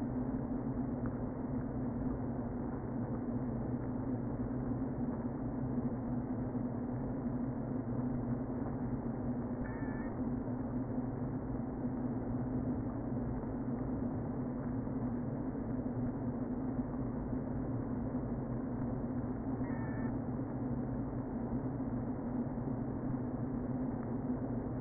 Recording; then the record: honeybee colony, microphone inside the hive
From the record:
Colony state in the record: queen present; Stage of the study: before two queens were removed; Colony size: about 60,000 bees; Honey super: yes